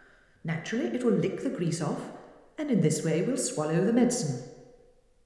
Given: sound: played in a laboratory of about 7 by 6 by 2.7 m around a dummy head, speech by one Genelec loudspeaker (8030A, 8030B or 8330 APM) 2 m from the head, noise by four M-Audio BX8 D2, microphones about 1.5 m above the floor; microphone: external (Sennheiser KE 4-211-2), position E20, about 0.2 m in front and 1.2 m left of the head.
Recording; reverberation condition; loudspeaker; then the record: female speech in English; high; 90 degrees to the left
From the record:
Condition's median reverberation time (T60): about 1300 ms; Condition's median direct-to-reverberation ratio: about -4.0 dB